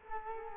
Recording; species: mosquito wingbeat signal from an infrared sensor; Culex quinquefasciatus